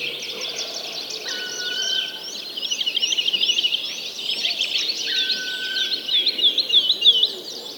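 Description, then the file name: Birds: bird chorus of busy high chirps and trills, with two long steady whistled notes standing out. Many birds singing together. "Digiffects Sound Effects Library - Many Birds Singing"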